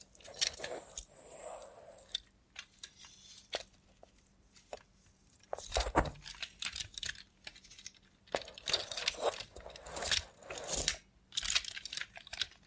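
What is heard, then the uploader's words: An ASMR session with a robot hand and no talking: a string of soft crinkly, squishy handling sounds comes in uneven bursts, clustered around six seconds and again from eight to twelve. A faint steady low hum runs underneath throughout, with quiet gaps between bursts. Try ASMR with a Robot Hand (No Talking).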